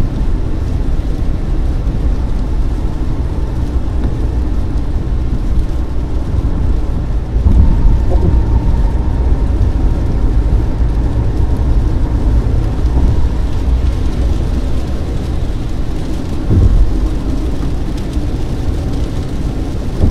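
Driving on a highway in the rain: a steady, dense low rumble of road and engine noise fills the whole clip, with a faint hiss of water above it. Brief louder swells come around 7.5 seconds and again near 16.5 seconds, like passing vehicles or splashes.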